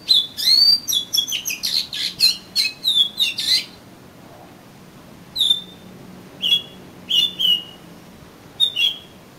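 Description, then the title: Oriental magpie-robin delivers a dense rush of harsh whistled notes, then a few single sharp whistles spaced apart. "Kacer Kacer"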